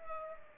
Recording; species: mosquito wingbeat signal from an infrared sensor; Culex pipiens